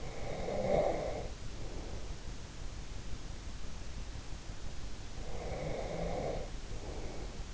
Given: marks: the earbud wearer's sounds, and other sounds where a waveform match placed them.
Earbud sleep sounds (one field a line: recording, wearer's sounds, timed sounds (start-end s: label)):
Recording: sounds in sleep by an in-ear microphone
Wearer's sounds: breath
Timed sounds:
0.00-2.34 s: breath
5.22-7.51 s: breath